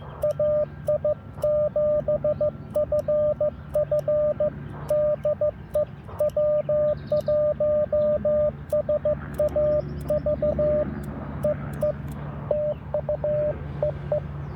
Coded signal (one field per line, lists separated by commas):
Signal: Morse code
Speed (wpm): 15 wpm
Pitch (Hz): 590 Hz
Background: radio noise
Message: AI7FF DE W1SAV E E TU E E